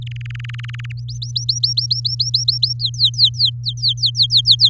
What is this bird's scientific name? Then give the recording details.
Serinus canaria. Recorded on 7 May 2018 at 19:28. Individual llb16